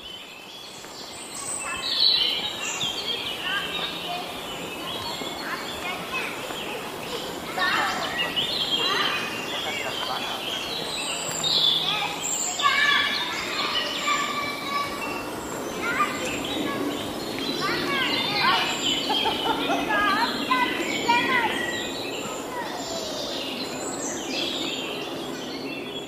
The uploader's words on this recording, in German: Ein Soundwalk am Ludwigsteich bei Roßdorf. Genauer gesagt handelt es sich um den Ludwigsteich bei Roßdorf, der an einem warmen Tag die Leichtigkeit des Sommers verkörpert.